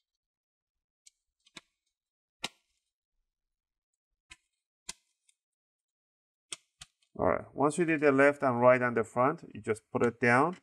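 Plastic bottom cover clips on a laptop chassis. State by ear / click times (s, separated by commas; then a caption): released / 2.4 s, 4.9 s, 6.5 s. A guitar pick is wiggled between the plastic top and bottom covers of a Lenovo Ideapad 320 laptop to free the bottom cover's snap clips along the left and right sides. Sharp clicks are heard at 2.5, 4.9 and 6.5 seconds as the clips pop open, among a few fainter ticks, and the bottom cover is released. From about 7.2 seconds someone talks.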